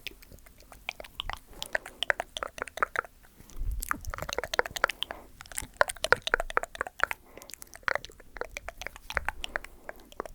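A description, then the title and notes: Mouth sounds made of rapid wet clicks, pops and smacks, dense and irregular throughout the ten seconds. The sharp, bright snaps come in quick bursts, like chewing or crunching, with a few soft low thumps near four and nine seconds. ASMR Mouth Sounds For People Without Headphones.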